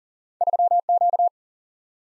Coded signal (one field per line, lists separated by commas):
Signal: Morse code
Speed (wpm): 40 wpm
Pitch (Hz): 700 Hz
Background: none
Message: 3 Q